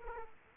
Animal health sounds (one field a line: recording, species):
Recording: mosquito wingbeat signal from an infrared sensor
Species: Culex quinquefasciatus